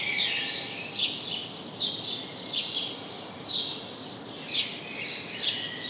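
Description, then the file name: House sparrow chirps, bright and scratchy, coming about every second, some doubled, with low hiss behind. "Passer domesticus"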